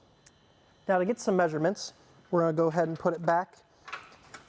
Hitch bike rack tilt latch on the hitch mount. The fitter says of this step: And then it's a little stiff, but just push it all the way up until we hear that clicking sound.